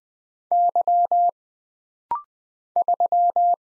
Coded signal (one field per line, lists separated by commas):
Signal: Morse code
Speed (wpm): 20 wpm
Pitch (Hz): 700 Hz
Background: none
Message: Y 3